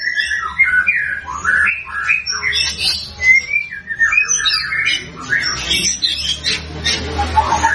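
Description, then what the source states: White-rumped shama song: a dense, jumbled run of whistles, squeaks and harsh notes, continuous with little pause. Lure recording used to make white-rumped shamas respond; bird described as singing actively and loudly.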